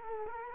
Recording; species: mosquito wingbeat signal from an infrared sensor; Culex quinquefasciatus